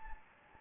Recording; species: mosquito wingbeat signal from an infrared sensor; Anopheles gambiae